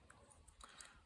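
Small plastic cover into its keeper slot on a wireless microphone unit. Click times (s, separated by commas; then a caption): 0.8 s. A small plastic protective cover is pressed into its storage keeper slot on a DJI Mic Mini compact wireless microphone kit. Several faint, quick plastic ticks are heard, with the loudest, sharpest click at 0.8 s as the cover seats. The cover is confirmed to fit and clicks right in.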